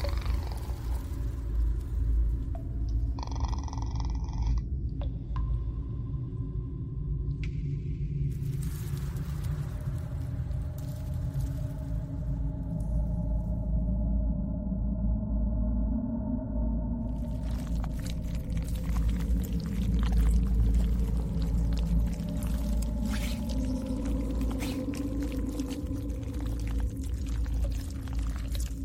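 An alien hive ambience: a thick, steady low rumble runs throughout, with slow moaning tones that rise and fall like distant calls. Short bright chittering bursts appear around 3–5 and 7–9 seconds, and from about 17 seconds on, dense crackling clicks fill the top.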